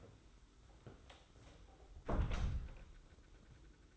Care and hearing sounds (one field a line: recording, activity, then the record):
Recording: daily activity, microphone in the room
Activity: close door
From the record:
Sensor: 3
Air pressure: 991.6 hPa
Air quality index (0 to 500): 148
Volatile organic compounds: 470 ppm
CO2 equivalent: 4778 ppm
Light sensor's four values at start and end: 43/120/49/42 and 43/120/49/42